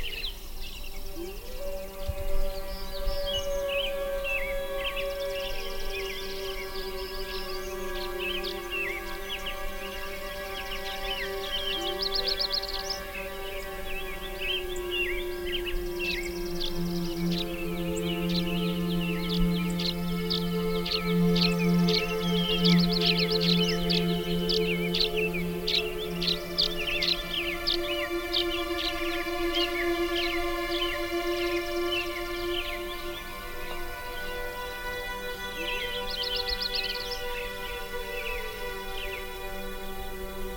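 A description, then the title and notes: Slow, stretched music played backwards forms a low drone of long sustained tones that glide and swell, with a strong hum in the lows around the middle. Above it, bird calls chirp and trill often, thickest between about fifteen and thirty seconds. Music played backwards and streached out underneath the birds and beasts of the north.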